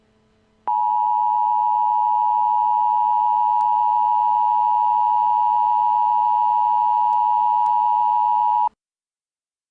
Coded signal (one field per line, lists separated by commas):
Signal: Emergency Alert System (SAME) tones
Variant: 853 and 960 Hz attention tone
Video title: Eas Scenario: The Void (interactive)